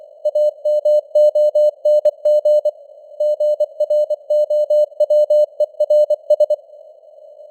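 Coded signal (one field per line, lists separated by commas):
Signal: Morse code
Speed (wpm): 24 wpm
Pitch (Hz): 600 Hz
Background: none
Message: AMONG GROWERS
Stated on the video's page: Simulated news headlines in Morse at 24 wpm with simulated radio noise and fading signal strength.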